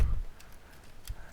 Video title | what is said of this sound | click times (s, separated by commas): Transformers Tuesdays - Miester/Jazz Alternators Review vs Smokescreen comparison | And it's locked into place. | 1.1 s